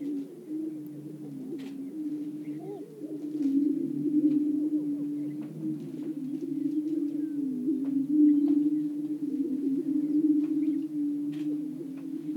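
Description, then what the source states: Greater prairie-chickens give a continuous low booming hum, overlapped by a busy chorus of quick cackling notes and a few faint higher clicks. Several greater prairie-chickens calling.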